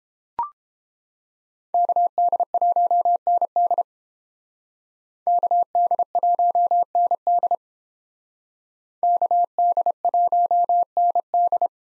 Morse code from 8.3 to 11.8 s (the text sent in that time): KD1ND